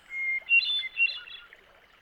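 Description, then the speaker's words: Hermit Thrush song with a level whistled first note, then a bright, rapid flurry of ringing notes that fades away. Each song begins with a clear whistle and ends with a musical jumble of notes; individual males have several songs and usually cycle through them all before repeating. "Individual males have several different songs in their repertoire, and usually cycle through them all before repeating a pattern again."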